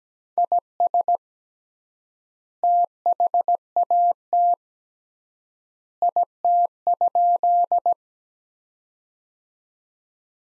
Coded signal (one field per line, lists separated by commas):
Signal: Morse code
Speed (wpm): 17 wpm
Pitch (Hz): 700 Hz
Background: none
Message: IS THAT IT?